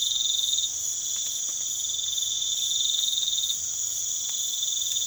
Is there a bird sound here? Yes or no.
no